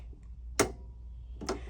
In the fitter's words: It makes a very audible click. If you don't hear that, you don't have it inserted.